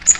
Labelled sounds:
Magnolia Warbler flight call

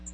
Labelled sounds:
Magnolia Warbler flight call

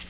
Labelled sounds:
Yellow-rumped Warbler flight call

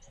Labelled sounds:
Lucy's Warbler flight call

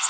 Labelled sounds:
Magnolia Warbler flight call

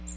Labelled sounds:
Magnolia Warbler flight call

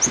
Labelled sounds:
Yellow-rumped Warbler flight call

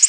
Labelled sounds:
Tennessee Warbler flight call

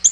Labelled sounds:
Yellow-rumped Warbler flight call

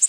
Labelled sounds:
Worm-eating Warbler flight call

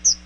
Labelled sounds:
Chestnut-sided Warbler flight call

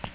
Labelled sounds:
Ovenbird flight call

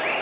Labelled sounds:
Golden-cheeked Warbler flight call

